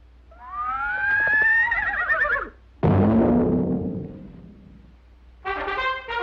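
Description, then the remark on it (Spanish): A horse whinnies loudly in three bursts: a long, wavering high-pitched call, then a shrill neigh sliding downward, and finally a short, quavering whinny, with no talking. “Un caballo jamás pisa o tropieza con un jinete en el suelo.”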